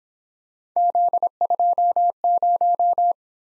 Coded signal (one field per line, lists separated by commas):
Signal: Morse code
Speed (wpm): 26 wpm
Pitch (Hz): 700 Hz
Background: none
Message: Z20